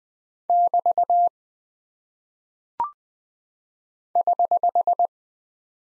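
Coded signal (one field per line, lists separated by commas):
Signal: Morse code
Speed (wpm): 20 wpm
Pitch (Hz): 700 Hz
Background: none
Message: <BT> <HH>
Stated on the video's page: Morse practice at 20 wpm of punctuation and prosign characters, each sent, spoken, then sent again for head-copy.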